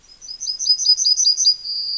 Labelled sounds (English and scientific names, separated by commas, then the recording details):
Yellowhammer (Emberiza citrinella) song
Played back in forest
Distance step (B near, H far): C
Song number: 107